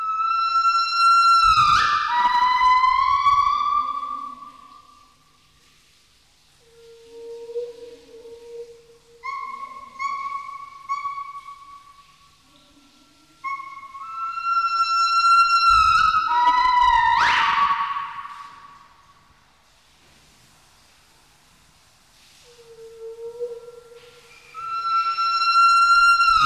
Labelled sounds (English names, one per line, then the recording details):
Northern White-cheeked Gibbon
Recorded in captivity
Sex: male
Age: adult
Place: Zoo Leipzig, Sachsen, DE
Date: 1974-12-13
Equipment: Uher 4200 Report Monitor, Verst., Sennheiser MD 421
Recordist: Tembrock, Günter